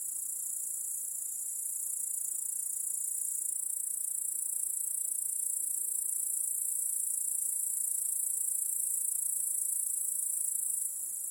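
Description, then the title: Cricket chorus: a constant, piercing high trill, growing a little louder early on and dropping slightly at the very end, with no other clear sounds. Crickets chorusing in a backyard at night. "Crickets in Your Backyard 🏡. Discovering the Sounds of Home"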